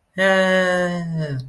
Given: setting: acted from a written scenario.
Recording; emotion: vocal sound without words; pride